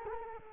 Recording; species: mosquito wingbeat signal from an infrared sensor; Culex quinquefasciatus